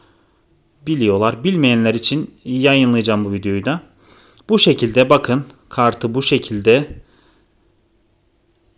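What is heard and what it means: A memory card is lined up at the card slot of a DJI Osmo Action 4 camera, ready to be pushed in. Someone talks through most of the clip, with short pauses and near silence after about 7 seconds. The card has not seated or clicked yet.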